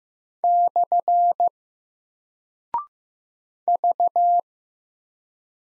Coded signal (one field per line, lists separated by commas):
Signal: Morse code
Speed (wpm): 15 wpm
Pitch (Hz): 700 Hz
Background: none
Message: / V